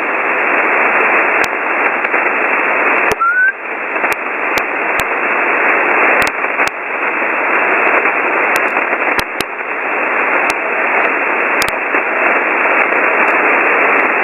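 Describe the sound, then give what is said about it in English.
Steady, narrow-band shortwave radio static hisses throughout on the 20-meter amateur band, the signal fading in strength, broken by scattered sharp clicks and crackles and a few brief dips in level, with a faint short tone near the start and no voices. “Yeah, wow, the QSB is strong. 1 minute you're 5.9 and then you're 5.5.”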